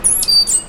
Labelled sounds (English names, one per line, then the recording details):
Stitchbird song
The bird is a male
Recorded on Tiritiri Matangi Island, New Zealand, in 2005
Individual 1, of nest box 1